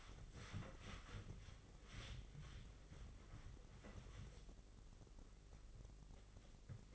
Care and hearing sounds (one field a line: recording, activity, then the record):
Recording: daily activity, microphone in the room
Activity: wipe stove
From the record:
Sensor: 4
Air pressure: 996.9 hPa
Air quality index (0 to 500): 91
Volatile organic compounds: 5 ppm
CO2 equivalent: 1766 ppm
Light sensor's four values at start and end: 16/46/17/19 and 16/46/17/18